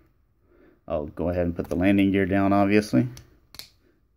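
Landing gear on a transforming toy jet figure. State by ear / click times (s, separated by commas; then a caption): seated / 3.6 s. Someone talks while the plastic landing gear on a Powerglide transforming toy jet action figure (Transformers Generations / Combiner Wars) is flipped down. Two sharp, quick clicks at about 3.6 s mark the gear snapping into its locked position, fully seated.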